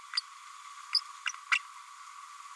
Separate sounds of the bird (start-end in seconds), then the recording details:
0.16-0.21, 1.51-1.58. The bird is a female. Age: 31 days. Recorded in a nest box in Venezuela. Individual 17B102A5